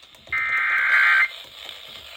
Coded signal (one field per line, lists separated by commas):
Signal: Emergency Alert System (SAME) tones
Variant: header bursts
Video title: Just some random catches! EAS Alerts from 10/30 - 11/27. [EAS #3,468 - 3,493]